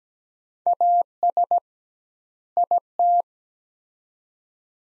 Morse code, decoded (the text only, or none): AS IT